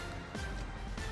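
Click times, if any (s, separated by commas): none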